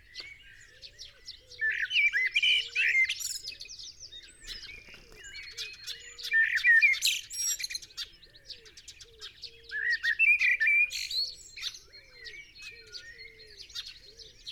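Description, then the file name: Common blackbird song: three loud bursts of fluty, warbled phrases a few seconds apart, over a dense chorus of high chirping birds and soft low cooing notes. "Turdus merula"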